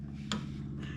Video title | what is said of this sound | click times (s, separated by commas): HD spindle install Colman kt 196 gokart front tire removed and spindle replaced | Good. So, you hear the click. | 0.3 s